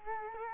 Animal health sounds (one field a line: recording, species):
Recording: mosquito wingbeat signal from an infrared sensor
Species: Culex quinquefasciatus